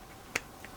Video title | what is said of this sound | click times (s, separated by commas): Which SSD Setup is better for your iPhone 15 Pro Max | it clicks directly into the USBC and then you can plug it directly into the phone | 0.4 s